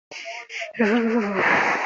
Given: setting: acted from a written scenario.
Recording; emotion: vocal sound without words; fear